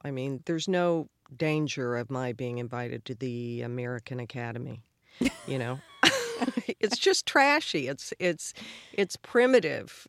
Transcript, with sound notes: I mean, there's no danger of my being invited to the American Academy, you know?
(LAUGHTER)
It's just trashy. It's primitive.